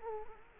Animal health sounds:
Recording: mosquito wingbeat signal from an infrared sensor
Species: Culex quinquefasciatus

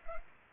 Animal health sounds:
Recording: mosquito wingbeat signal from an infrared sensor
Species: Culex pipiens

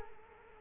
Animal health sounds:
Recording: mosquito wingbeat signal from an infrared sensor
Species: Culex quinquefasciatus

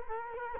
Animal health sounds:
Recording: mosquito wingbeat signal from an infrared sensor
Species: Culex quinquefasciatus

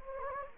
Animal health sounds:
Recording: mosquito wingbeat signal from an infrared sensor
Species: Anopheles gambiae

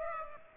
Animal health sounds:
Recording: mosquito wingbeat signal from an infrared sensor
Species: Culex pipiens

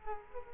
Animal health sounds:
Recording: mosquito wingbeat signal from an infrared sensor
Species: Culex quinquefasciatus

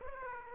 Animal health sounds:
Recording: mosquito wingbeat signal from an infrared sensor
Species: Aedes aegypti

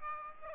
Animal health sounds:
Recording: mosquito wingbeat signal from an infrared sensor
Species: Aedes aegypti

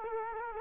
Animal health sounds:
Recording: mosquito wingbeat signal from an infrared sensor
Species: Culex quinquefasciatus

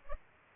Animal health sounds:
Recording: mosquito wingbeat signal from an infrared sensor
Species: Culex pipiens

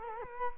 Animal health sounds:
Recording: mosquito wingbeat signal from an infrared sensor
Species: Culex quinquefasciatus

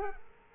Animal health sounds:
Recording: mosquito wingbeat signal from an infrared sensor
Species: Culex quinquefasciatus

